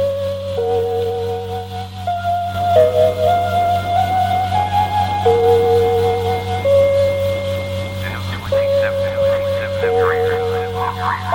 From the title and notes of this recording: Lost voices in night static. A short relay of the strange, haunting and ghost-like night life of shortwave radio.